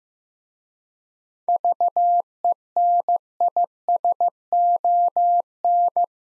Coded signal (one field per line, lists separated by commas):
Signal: Morse code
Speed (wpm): 15 wpm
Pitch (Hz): 700 Hz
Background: none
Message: VENISON